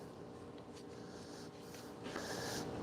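Greased vacuum hose quick connectors are handled and lined up on the intake manifold ports of an E90 BMW's 3-stage intake manifold before being pushed home. Soft handling and rustling sit over a steady low background, with a brighter hiss from about 2.1 to 2.6 s. Nothing has seated or clicked yet.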